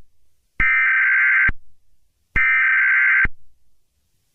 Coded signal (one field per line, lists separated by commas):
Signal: Emergency Alert System (SAME) tones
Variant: header bursts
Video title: Eas Alert #18 (VPTV-dt3) FIRE WARNING